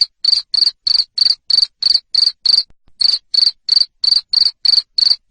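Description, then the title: Cricket giving steady high chirps roughly every third of a second, a brief gap breaking the run midway. Loud cricket chirping played to make lovebirds sing continuously. "Suara JANGKRIK NGERIK Keras Bikin LOVEBIRD Jadi NGEKEK Terus Vubey"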